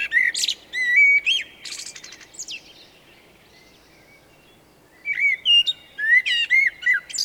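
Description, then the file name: Eurasian blackbird singing: fluted warbling phrases with high squeaky twitters, two phrases separated by a few seconds of quiet. "Turdus merula"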